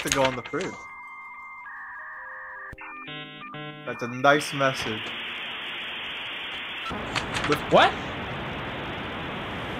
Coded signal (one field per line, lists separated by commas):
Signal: dial-up modem handshake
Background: speech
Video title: Wayneradiotv - Fax Hell Stream